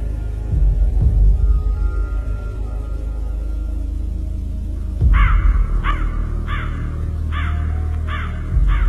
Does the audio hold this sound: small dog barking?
no